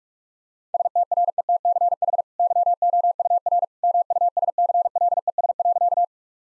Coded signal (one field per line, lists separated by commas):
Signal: Morse code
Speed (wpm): 46 wpm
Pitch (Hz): 700 Hz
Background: none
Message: STRETCH YOUR MUSCLES.